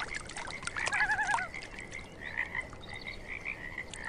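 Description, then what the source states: Frogs calling in a continuous chorus over gentle water sounds. With water lapping.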